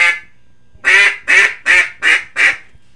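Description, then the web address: Mallard giving a short series of loud, nasal quacks: a clipped first quack, then after a pause five more evenly spaced about a third of a second apart. "Duck Mallard"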